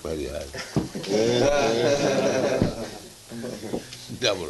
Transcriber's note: laughter